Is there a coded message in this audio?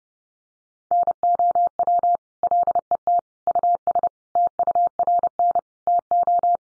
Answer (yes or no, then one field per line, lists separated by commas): yes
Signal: Morse code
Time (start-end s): 0.9-6.6 s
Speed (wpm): 30 wpm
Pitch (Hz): 700 Hz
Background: none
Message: NOW LET US TURN TO